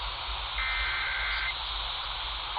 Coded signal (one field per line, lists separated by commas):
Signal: Emergency Alert System (SAME) tones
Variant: header bursts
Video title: Tennessee Fails AGAIN... (EAS Tests of July 2022 ft. NWS Memphis) (EAS # 1243-1259)